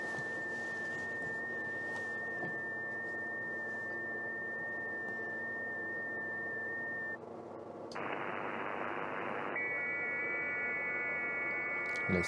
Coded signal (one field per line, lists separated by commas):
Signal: FT8